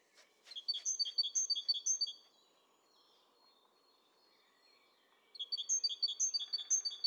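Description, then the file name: Great tit song, strident repeated two-note phrases in two bursts, with a low background hum and a few faint clicks at the start. "Parus major"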